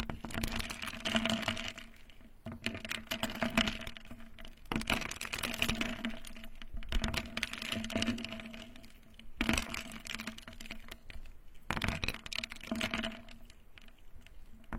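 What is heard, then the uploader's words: Ice cubes clink and crackle against one another in water, a dense run of small sharp clicks and pops that comes in bursts, swelling around 1, 4–8, 9.5 and 12–13 seconds. A steady low hum runs underneath the whole time. The soul senses of ice cubes and water, ear picking experience.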